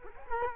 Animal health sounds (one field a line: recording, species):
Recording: mosquito wingbeat signal from an infrared sensor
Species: Culex quinquefasciatus